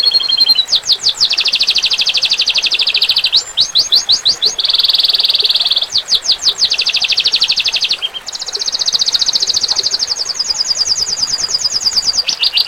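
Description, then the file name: Domestic canary song, a bright continuous run of rapid trills and rolling tours, each held a second or two before switching to a new pitch or buzzier rattle. Standard-type domestic canary, kenari standar. "omkicau com kenari standar"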